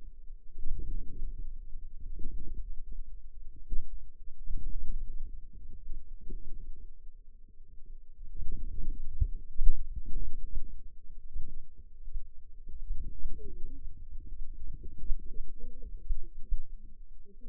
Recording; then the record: forearm muscle sounds (acoustic myography)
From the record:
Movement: outward rotation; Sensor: system 2, bracelet of six BSWA MPA416 microphones around the upper forearm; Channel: 2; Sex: female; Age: 21 years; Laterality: right